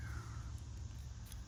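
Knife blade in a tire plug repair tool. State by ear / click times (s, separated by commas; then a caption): not seated / none. The razor knife blade of a tire plug repair tool is being handled as it is opened out, over a steady low rumbling background with a faint high tone near the start. Nothing has seated or clicked into place yet.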